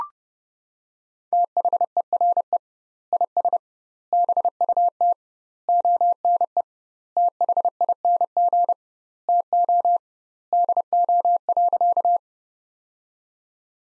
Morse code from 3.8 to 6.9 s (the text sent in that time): BUT ONE